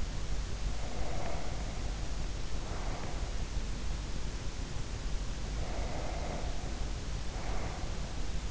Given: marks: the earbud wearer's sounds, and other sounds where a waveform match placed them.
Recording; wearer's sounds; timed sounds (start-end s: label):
sounds in sleep by an in-ear microphone; breath
0.47-3.51 s: breath
5.36-8.51 s: breath